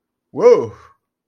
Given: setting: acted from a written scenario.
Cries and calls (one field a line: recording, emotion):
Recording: vocal sound without words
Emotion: negative surprise